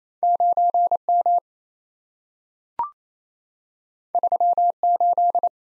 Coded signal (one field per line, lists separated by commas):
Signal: Morse code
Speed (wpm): 27 wpm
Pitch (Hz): 700 Hz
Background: none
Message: 9M 38